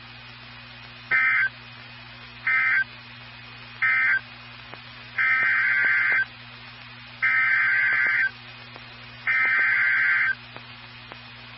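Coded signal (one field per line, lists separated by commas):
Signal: Emergency Alert System (SAME) tones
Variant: header bursts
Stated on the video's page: SAME tones of two Severe Thunderstorm Warnings received from NOAA Weather Radio transmitter.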